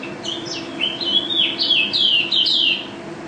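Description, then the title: White-eye song burst: a brief run of loud, clear slurred whistles strung together quickly. Contest bird, national first-place champion, described as gacor and ropel (singing constantly and rapidly), with a song filled with canary notes (isian kenari); video from 2015. "Pleci Juara 1 Nasional pleci Gacor juara nasional teler gacor ropel pleci isian kenari Video 2015"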